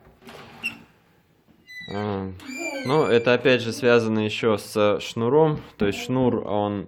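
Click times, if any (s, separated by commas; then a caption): none. A rotary latch on the metal door of a Termofor Yauza wood-burning stove-fireplace, in use for 8 years, is worked, but the door will not fix tightly, which is put down to the door's sealing cord. Faint door movement sounds come in the first second and a half, then someone talks. The latch has not locked and nothing has clicked.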